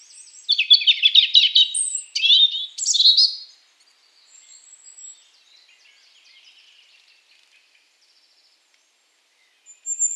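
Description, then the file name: European robin song: a fast run of high, tinkling and trilled notes, then a sliding whistle, followed by soft scattered twitters and a brief final note. "Erithacus rubecula"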